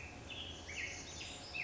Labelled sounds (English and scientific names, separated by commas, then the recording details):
Black-headed Grosbeak (Pheucticus melanocephalus)
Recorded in Sonoma County, California